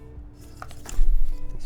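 A mechanical keyboard switch is pressed into a copper plate or hotswap PCB during a keyboard build, giving a sharp click at 0.6 s, followed by softer ticks. The switch ends up not fully seated; a bent pin had been suspected earlier.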